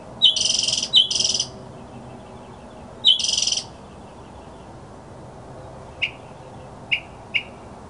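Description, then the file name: Northern mockingbird giving three harsh, buzzy, rasping bursts, followed after a pause by a few brief chip notes. "kicauan burung northern mockingbird. omkicau"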